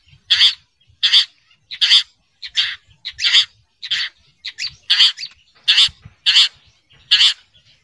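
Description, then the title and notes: Long-tailed shrike giving harsh, squawking notes repeated in a series. "Kicau Burung Cendet"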